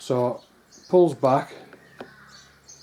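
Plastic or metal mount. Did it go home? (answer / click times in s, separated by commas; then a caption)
no / none. A removable clear Memphis Shades windscreen on a trike is handled at its quick-release mount, with the latch pulled back against the bracket while someone talks. Two short ticks follow at about 1.7 and 2.0 seconds. The screen has not dropped down and locked yet, and nothing has seated.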